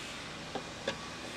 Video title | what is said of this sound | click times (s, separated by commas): First of many mods for the S13 Drift Car | the light tuck that under there that should click into the factory headlight that's | 0.9 s